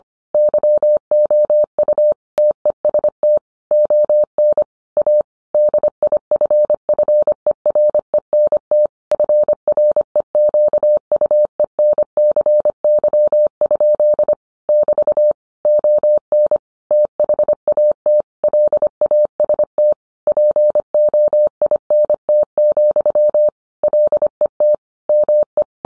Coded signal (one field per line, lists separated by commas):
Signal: Morse code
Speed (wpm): 25 wpm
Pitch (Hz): 600 Hz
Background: none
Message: YOU TEST ON A DIFFERENT FREQUENCY? <BT> ON THAT LAST POINT, LET ME